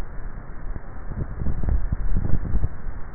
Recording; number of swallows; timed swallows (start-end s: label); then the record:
swallowing sounds by neck microphone; 1
1.45-2.35 s: swallow
From the record:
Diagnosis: dysphagia